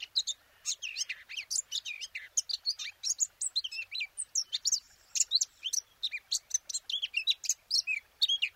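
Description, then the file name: Eurasian blackcap warbling, steady quick bursts of chirps and squeaky whistles that keep flowing throughout, high-pitched and varied. "Sylvia atricapilla"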